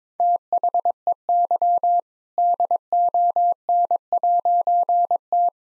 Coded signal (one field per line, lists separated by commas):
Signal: Morse code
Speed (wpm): 21 wpm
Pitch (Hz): 700 Hz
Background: none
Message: THEY DON'T